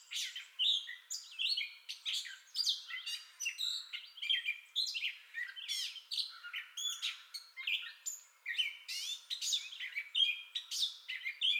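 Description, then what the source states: Gray catbird song, a steady stream of varied squeaky, mewing and scratchy phrases delivered in quick succession without pause. Entire song bout, 30 May 2021.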